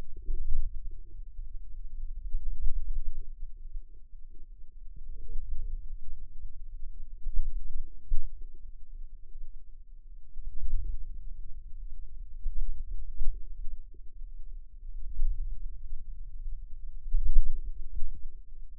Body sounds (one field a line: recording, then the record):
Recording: forearm muscle sounds (acoustic myography)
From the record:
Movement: wrist extension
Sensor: system 2, bracelet of six BSWA MPA416 microphones around the upper forearm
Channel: 1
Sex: female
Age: 22 years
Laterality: right